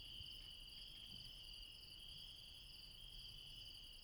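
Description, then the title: Insects trilling without pause in a dense, high-pitched chorus, several steady buzzing layers holding level throughout, low rumble underneath. Insects late at night in the mountains at Refuge Krevatia, Barbala, Dion, Greece. "Refuge Krevatia, Μπαρμπαλά, Dion 601 00, Greece - Late night mountain insects"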